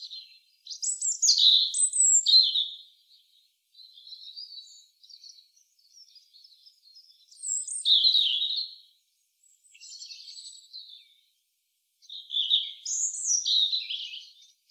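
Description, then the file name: European robin delivering several separate song phrases: bright, high, tumbling whistles alternate with quieter, thin twittering passages across the recording, in an otherwise quiet background. "Erithacus rubecula"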